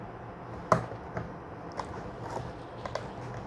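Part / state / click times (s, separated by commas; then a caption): plastic stand neck into the monitor rear mount / not seated / none. A detached plastic stand neck for a Dell D1918H 18.5-inch monitor is handled and inserted toward the plastic mount on the back of the monitor, where it is meant to lock by itself. Brief handling taps and knocks stand out at about 0.7 s, 1.8 s and 3.0 s over a low steady background. Nothing has seated or clicked into place yet.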